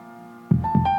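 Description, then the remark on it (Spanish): A fetal heartbeat on an ultrasound doppler, picked up through a small device with gel about seven months before birth: two loud, low whooshing thumps in quick succession, rising out of a steady electronic hum. “Eras tan pequeño, pero con un ruido de corazón tan fuerte.”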